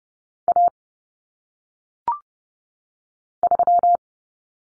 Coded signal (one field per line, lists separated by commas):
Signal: Morse code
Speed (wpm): 30 wpm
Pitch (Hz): 700 Hz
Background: none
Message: A 3